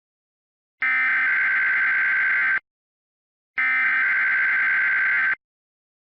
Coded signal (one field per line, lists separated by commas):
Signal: Emergency Alert System (SAME) tones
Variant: header bursts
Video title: EAS Recreation #4: 3/11/11 TSW in California